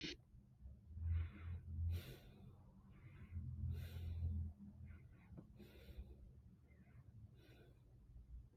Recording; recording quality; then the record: shallow breathing; moderate, slight background noise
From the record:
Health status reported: healthy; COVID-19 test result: negative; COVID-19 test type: RT-PCR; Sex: female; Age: 22 years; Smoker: no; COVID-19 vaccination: both doses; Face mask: not worn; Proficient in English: yes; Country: United States